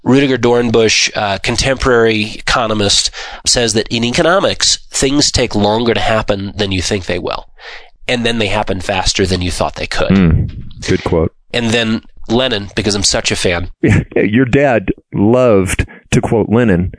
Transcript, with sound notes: Rudiger Dornbusch, contemporary economist, says that, “In economics things take longer to happen than you think they will, and then they happen faster than you thought they could.”
Good quote.
And then, Lenin, because I’m such a fan.
(laughs) Your dad loved to quote Lenin.